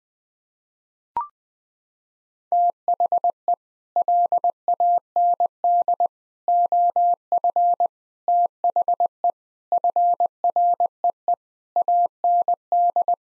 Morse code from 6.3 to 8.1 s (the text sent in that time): OF